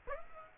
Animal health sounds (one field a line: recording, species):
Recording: mosquito wingbeat signal from an infrared sensor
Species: Aedes aegypti